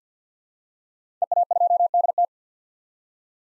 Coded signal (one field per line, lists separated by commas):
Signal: Morse code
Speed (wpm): 50 wpm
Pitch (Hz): 700 Hz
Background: none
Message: EA2DT